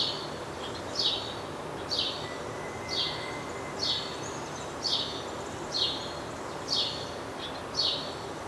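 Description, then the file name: House sparrow chirps, clear descending notes repeated at an even rhythm near once per second, with a brief faint whistle behind. "Passer domesticus"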